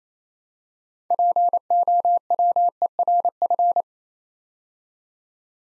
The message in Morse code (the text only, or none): POWERF